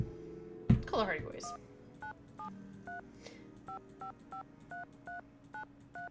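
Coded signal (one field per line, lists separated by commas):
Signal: DTMF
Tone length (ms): 110 ms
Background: speech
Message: 1973 5553393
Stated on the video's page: Tones heard in the Nancy Drew: Secret of the Scarlet Hand game.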